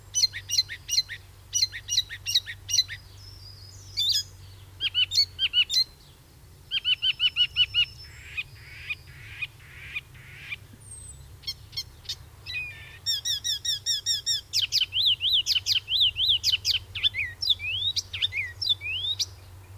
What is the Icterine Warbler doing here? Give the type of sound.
song